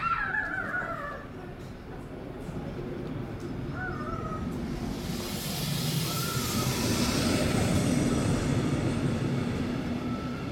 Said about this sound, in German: Meine Damen und Herren, Gleis 1 hat Einfahrt, die Regionalbahn Nord-Friesland zur Weiterfahrt als S-Bahn nach Leipzig. Planmäßige Abfahrtzeit 10.40 Uhr. Bitte Vorsicht bei der Einfahrt des Zuges. Nächster Halt ist Wurzenwest.